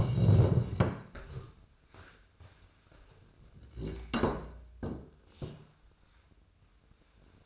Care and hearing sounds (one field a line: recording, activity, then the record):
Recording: daily activity, microphone in the room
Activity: stand up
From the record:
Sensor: 2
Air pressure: 1005.0 hPa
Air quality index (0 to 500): 99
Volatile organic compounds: 2 ppm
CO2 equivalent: 1196 ppm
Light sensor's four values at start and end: 8/19/8/8 and 7/15/6/7